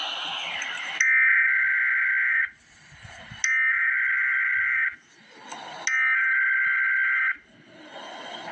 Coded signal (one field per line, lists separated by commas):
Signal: Emergency Alert System (SAME) tones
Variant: header bursts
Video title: Emergency Alert System - Severe Thunderstorm Watch - Mar 30, 2025 at 5:25 PM EDT